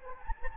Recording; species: mosquito wingbeat signal from an infrared sensor; Anopheles gambiae